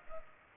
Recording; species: mosquito wingbeat signal from an infrared sensor; Culex pipiens